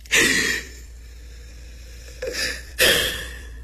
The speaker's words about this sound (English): Just breathe. Take a deep breath